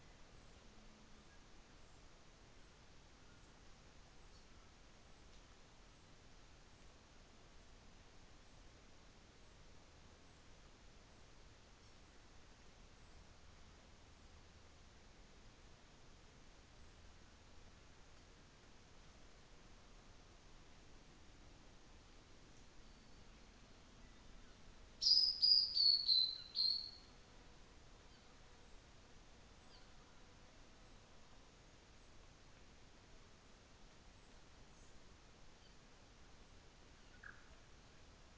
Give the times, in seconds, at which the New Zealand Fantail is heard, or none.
4.17-4.62, 33.86-35.19